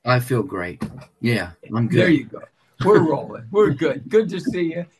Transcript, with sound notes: I feel great. Yeah. I'm good.
There you go.
(laughs)
We're rolling. We're good. Good to see you.